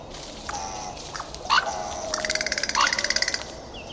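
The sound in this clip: Bird calls: a couple of sharp notes and a rapid, evenly pulsed chattering series in the second half.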